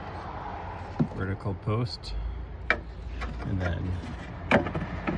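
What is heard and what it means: A 3D-printed plastic leaf basket, already hooked onto a vertical post in the windshield cowl drain corner of a Ford Maverick, is handled before being slid down to snap into place. Someone talks over soft handling knocks and taps, with a sharper tap near 2.7 s. Nothing has seated or clicked yet.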